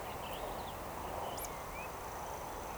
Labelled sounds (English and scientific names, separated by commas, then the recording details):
Eurasian Woodcock (Scolopax rusticola)
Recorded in Baden-Württemberg, Germany, on 13 June 2020 at 19:19 UTC
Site 43791, 788 m above sea level